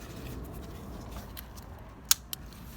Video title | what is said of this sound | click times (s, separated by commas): Audi A4 (B6) 2.4 V6 Coolant/Expansion Tank Replacement | when you hear that click you know you're good | 2.1 s